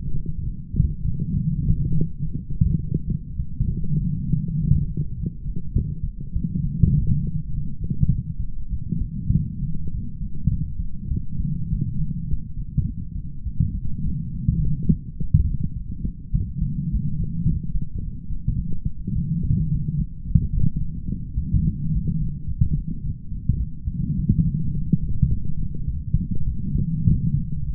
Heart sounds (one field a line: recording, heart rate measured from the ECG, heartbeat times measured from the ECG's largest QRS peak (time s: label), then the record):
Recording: heart sounds by stethoscope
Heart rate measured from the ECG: 104 bpm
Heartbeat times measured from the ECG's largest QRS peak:
0.44 s: heartbeat
1.03 s: heartbeat
1.63 s: heartbeat
2.21 s: heartbeat
2.78 s: heartbeat
3.37 s: heartbeat
3.99 s: heartbeat
4.58 s: heartbeat
5.16 s: heartbeat
5.74 s: heartbeat
6.34 s: heartbeat
6.94 s: heartbeat
7.52 s: heartbeat
8.10 s: heartbeat
8.71 s: heartbeat
9.33 s: heartbeat
9.91 s: heartbeat
10.49 s: heartbeat
11.10 s: heartbeat
11.69 s: heartbeat
12.28 s: heartbeat
12.85 s: heartbeat
13.44 s: heartbeat
14.04 s: heartbeat
14.62 s: heartbeat
15.18 s: heartbeat
15.74 s: heartbeat
16.32 s: heartbeat
16.90 s: heartbeat
17.46 s: heartbeat
18.01 s: heartbeat
18.57 s: heartbeat
19.14 s: heartbeat
19.70 s: heartbeat
20.25 s: heartbeat
20.79 s: heartbeat
21.36 s: heartbeat
21.92 s: heartbeat
22.47 s: heartbeat
23.03 s: heartbeat
23.58 s: heartbeat
24.17 s: heartbeat
24.73 s: heartbeat
25.28 s: heartbeat
25.86 s: heartbeat
26.46 s: heartbeat
27.07 s: heartbeat
27.64 s: heartbeat
From the record:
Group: healthy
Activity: light exercise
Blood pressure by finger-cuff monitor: 147/68 mmHg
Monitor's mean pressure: 90 mmHg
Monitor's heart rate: 105 bpm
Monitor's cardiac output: 10 L/min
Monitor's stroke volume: 95 mL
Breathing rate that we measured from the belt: 24 breaths a minute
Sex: female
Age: 22 years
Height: 160 cm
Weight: 63 kg